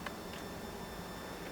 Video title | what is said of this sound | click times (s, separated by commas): WSE1621 Setup | now once those get locked in place you'll hear a click when the handles were locked in place | 0.1 s